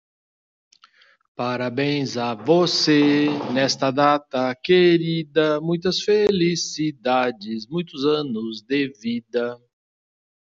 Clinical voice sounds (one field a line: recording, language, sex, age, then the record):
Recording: short text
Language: Brazilian Portuguese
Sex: male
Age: 60 to 69 years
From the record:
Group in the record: control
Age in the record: 60 years